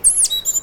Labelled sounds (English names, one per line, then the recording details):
Stitchbird song
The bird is a male
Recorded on Tiritiri Matangi Island, New Zealand, in 2005
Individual 1, of nest box 1